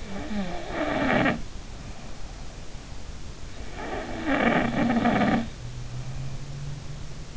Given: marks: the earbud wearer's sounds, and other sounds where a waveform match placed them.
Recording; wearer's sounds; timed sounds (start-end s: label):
sounds in sleep by an in-ear microphone; snoring breath
0.00-3.25 s: snoring breath
3.62-6.57 s: snoring breath